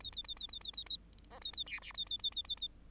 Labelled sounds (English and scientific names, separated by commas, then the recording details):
Bengalese Finch (Lonchura striata domestica) song
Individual Bird8